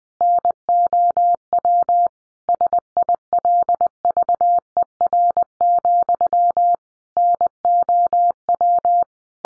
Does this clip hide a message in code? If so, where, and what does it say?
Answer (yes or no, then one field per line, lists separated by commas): yes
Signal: Morse code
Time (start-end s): 0.2-9.0 s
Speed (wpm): 20 wpm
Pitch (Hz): 700 Hz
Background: none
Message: NOW SILVER, NOW